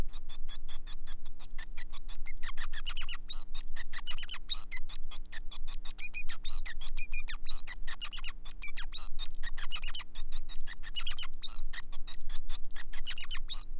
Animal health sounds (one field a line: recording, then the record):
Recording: song of a male Bengalese finch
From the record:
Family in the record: son of father 5